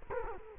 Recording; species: mosquito wingbeat signal from an infrared sensor; Culex quinquefasciatus